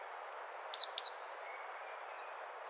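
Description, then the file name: Great tit gives one short phrase of a high thin whistle and two sharp notes, then silence before another whistle starts. "Parus major"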